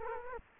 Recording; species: mosquito wingbeat signal from an infrared sensor; Culex quinquefasciatus